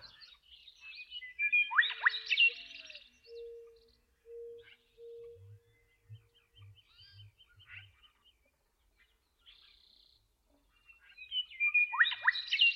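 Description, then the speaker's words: Western Meadowlark song: two short bursts of jumbled, warbling notes separated by a quiet stretch holding a low steady hum and faint low thumps. Heard while waiting for a freight train near the Wenatchee rail yard; this individual bird set the listener on a lifelong course of listening. "And there was this Western meadowlark that was singing."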